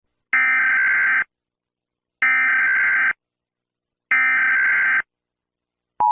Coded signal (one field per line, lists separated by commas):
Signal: Emergency Alert System (SAME) tones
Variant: header bursts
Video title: EAS murder drones scenario (the fall of the US government)